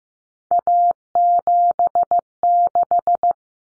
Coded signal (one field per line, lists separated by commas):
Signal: Morse code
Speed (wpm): 15 wpm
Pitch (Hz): 700 Hz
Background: none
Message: A76